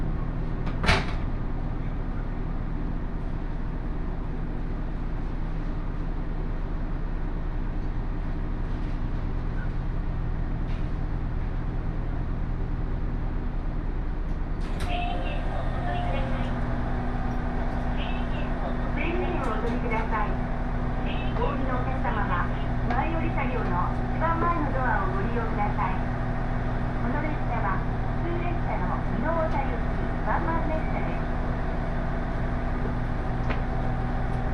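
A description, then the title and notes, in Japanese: A Takayama Line local train rumbles with a steady low engine drone; after a sharp knock at fifteen seconds, voices and a thin whine join. 高山本線普通 上呂→下油井。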